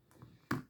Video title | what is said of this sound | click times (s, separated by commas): Baltic Aquascaphe Bronze - Aftermarket Fluco Leather Strap and Bronze Buckle Swap | there we go let's pop it in and hear that click kind of wiggle and test fit it | 0.5 s